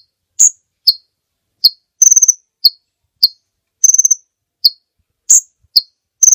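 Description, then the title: Songbird giving spaced, high, sharp chips, now and then broken by quick buzzy trill bursts. Master recording for training songbirds. "Master Burung Jos"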